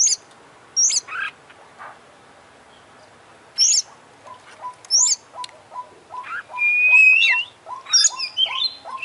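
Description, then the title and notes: Oriental magpie-robin song: scattered very high whistled notes and sweeps over a steady series of short, lower repeated notes, with a long drawn-out rising whistle near the end. Champion singer (juara), singing vigorously (gacor); from a compilation of selected tutor songs (masteran) for training songbirds. "Kacer Juara Gacor. Kumpulan Suara Burung Masteran Pilihan"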